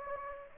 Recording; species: mosquito wingbeat signal from an infrared sensor; Anopheles gambiae